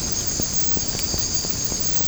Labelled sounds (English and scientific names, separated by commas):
none